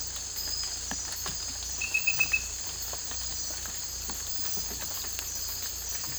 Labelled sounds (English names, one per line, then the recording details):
none
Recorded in dense forest near Puerto Asís, Putumayo, Colombia, on 18 December 2024 at 01:30
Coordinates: 0.484, -76.317
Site G026